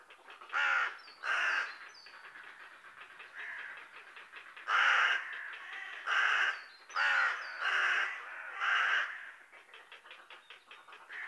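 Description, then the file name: Carrion Crow calling with short harsh caws, first a pair, then a quieter one, then a tight series of five loud rasping calls, faint higher bird notes in between. "Corvus corone"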